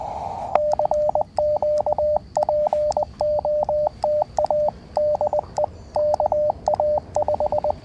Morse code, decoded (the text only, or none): CQ POTA DE KA5